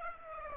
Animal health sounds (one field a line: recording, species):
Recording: mosquito wingbeat signal from an infrared sensor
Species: Aedes aegypti